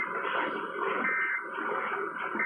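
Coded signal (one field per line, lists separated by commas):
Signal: Emergency Alert System (SAME) tones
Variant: end-of-message bursts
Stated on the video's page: San Francisco Required Monthly Test EAS tones, received on KCBS and KNBR.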